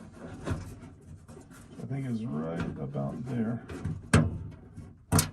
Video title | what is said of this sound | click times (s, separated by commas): Ford Bronco Tailgate Repair - Disassembly & COMPLETE REBUILD - PART 2 of 3 | Push it in, it locks in place. | 4.1 s